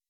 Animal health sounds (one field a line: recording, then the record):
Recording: hydrophone in a shrimp aquaculture tank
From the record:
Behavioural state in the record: weakened